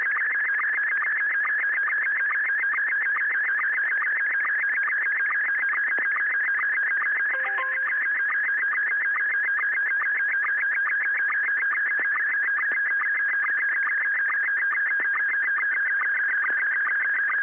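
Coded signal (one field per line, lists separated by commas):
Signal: SSTV (slow-scan television)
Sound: steady warbling, chirping tone with rapid regular ticking pulses throughout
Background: radio static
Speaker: an example of the sort of thing I heave around um on the Sundays and on practice nights when I go bell ringing how did it come over with with you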